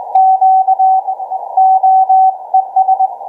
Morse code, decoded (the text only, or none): Q OES